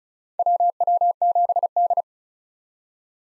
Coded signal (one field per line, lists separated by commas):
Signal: Morse code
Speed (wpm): 34 wpm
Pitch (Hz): 700 Hz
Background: none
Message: WW7D